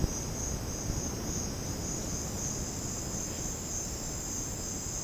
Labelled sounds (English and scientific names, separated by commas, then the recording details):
none
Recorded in secondary vegetation near Puerto Asís, Putumayo, Colombia, on 12 March 2025 at 10:30
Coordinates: 0.481, -76.318
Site G097